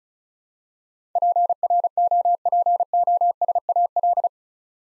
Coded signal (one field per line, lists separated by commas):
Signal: Morse code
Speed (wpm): 35 wpm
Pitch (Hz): 700 Hz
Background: none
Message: PROPOSAL